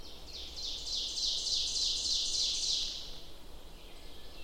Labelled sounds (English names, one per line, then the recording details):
Ovenbird song
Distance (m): 50 m
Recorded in boreal forest in Alberta, Canada, on 27 June 2016 at 05:54
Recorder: SongMeter 3, array SBT-6-79
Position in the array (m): 284 m, 39 m
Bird 39